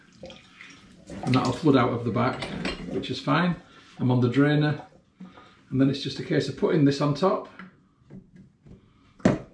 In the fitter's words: it snaps into place and then twisting the top so it holds it in place tightly and